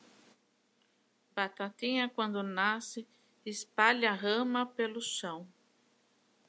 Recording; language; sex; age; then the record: short text; Brazilian Portuguese; female; 60 to 69 years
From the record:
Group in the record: control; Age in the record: 63 years